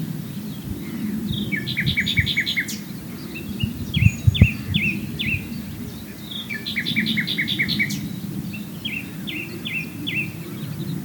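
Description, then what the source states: Common nightingale singing phrases of quickly repeated chirps in pairs and series, pausing between bursts; rumbling noise and a few thumps below. Swale.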